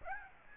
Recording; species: mosquito wingbeat signal from an infrared sensor; Aedes aegypti